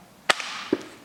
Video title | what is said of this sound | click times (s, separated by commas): Fallschirmjager FG-42 Rifle | slides over the whole rear assembly, and it just clicks into place. Like that. | 0.3 s